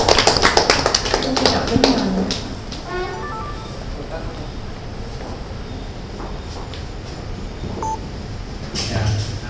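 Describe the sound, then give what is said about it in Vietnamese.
An audience applauds to open a guest speaker's presentation, with sharp, dense clapping loudest in the first couple of seconds, then settling into a softer, steady patter that swells briefly again at the end. “Xin các bạn thêm một lần nữa các bạn cho một tràng pháo tay thật lớn để bắt đầu phần trình bày của diễn giả sau đây.”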